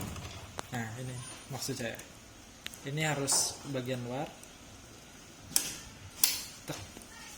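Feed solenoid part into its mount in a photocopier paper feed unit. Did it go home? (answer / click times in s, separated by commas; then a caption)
yes / 5.6 s, 6.2 s. During reassembly of the feed solenoid in the paper feed unit of an IR 2002/2004/2006 photocopier, someone talks while the feed solenoid part is pushed into position on the outside of its mount. Two sharp clicks at 5.6 s and 6.2 s mark it snapping into place. The part is seated, which is better that way.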